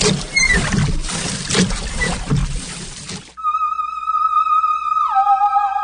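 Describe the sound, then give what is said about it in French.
Choppy watery splashing of oars rowing for about three seconds, then cut off abruptly by a steady electronic tone with a buzzy harmonic ring that slides down in pitch near the end. “Pis si tu veux pas que je t'enferme dans une barrique, commence à ramer tout de suite!”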